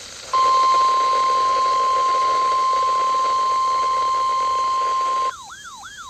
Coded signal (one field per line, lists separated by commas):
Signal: Emergency Alert System (SAME) tones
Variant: 1050 Hz attention tone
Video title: EAS Alerts From 7/15/25: A Compilation (EAS 928-938)